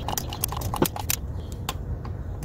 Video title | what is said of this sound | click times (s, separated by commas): Mercedes SLK & Chrysler Crossfire 🏎️ Oil Change & Oil Filter Replacement | and it made a click sound. There we go. | 1.1 s